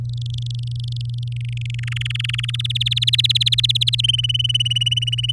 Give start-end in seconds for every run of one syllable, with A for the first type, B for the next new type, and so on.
0.05-1.28 A, 1.32-1.58 B, 1.61-2.61 C, 2.64-4.01 D, 4.03-5.32 E